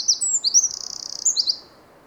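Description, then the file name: Eurasian wren singing a loud, high, fast song: sharp chips, then a rapid rattling trill mid-phrase and a few final bright notes before fading out. "Troglodytes troglodytes"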